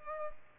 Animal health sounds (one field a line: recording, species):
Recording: mosquito wingbeat signal from an infrared sensor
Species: Culex pipiens